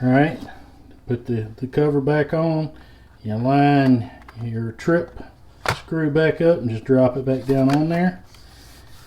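Someone talks while the plastic gauge cluster cover of a Toyota Camry is handled, its trip screw lined up, and it is dropped back down onto the cluster housing. Nothing has seated or snapped into place yet.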